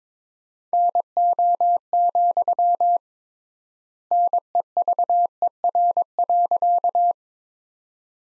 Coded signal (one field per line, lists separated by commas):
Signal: Morse code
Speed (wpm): 22 wpm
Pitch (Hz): 700 Hz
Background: none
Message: NO, NEVER.